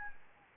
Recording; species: mosquito wingbeat signal from an infrared sensor; Anopheles gambiae